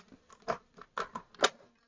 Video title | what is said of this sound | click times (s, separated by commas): VANTA Workstation controlled by Android phone demonstration | listen for the click and then it's all set | 1.4 s